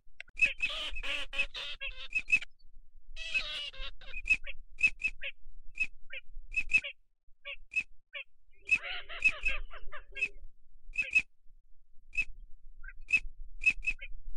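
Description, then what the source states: Ducks calling steadily: a string of short high peeps with three bursts of harsh, stacked gabbling chatter, the first lasting about two seconds. Migratory ducks, both male and female.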